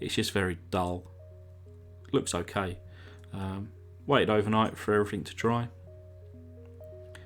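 Someone talks over soft background music while handling the restored clear plastic windscreen of a diecast Matchbox Series No 46 Mercedes 300SE before pressing it back into the metal body, where it is meant to snap into place without glue. Near the end, faint brief sounds occur at 6.8 and 7.2 seconds, but the windscreen has not seated or clicked into place yet.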